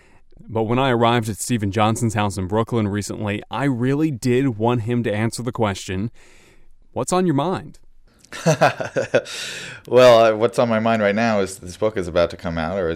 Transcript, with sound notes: But when I arrived at Steven Johnson’s house in Brooklyn recently... I really did want him to answer the question: What’s on your mind? (laughs) Well, what’s on mind is that this book is about to come out